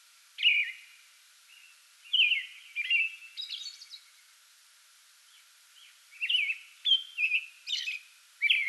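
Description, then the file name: American robin singing rich whistled phrases in bursts separated by quiet pauses, some high squeaky notes included. Pre-dawn song bout, recorded 8 May 2022. "2022-05-08 American Robin pre-dawn song bout"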